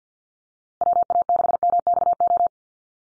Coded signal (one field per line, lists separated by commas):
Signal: Morse code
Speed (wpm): 50 wpm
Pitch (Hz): 700 Hz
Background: none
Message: WA6MXO